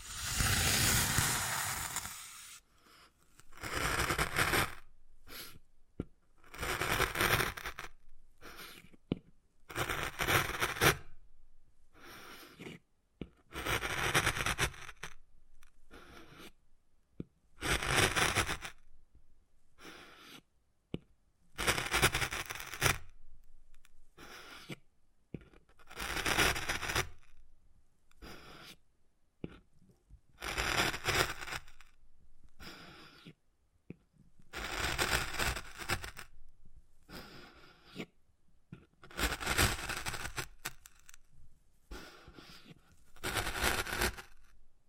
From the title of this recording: Wood Carving, Tapping and Scratching Sounds